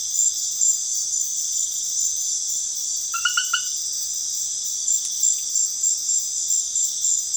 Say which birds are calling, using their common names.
none